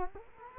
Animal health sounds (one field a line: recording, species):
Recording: mosquito wingbeat signal from an infrared sensor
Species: Culex quinquefasciatus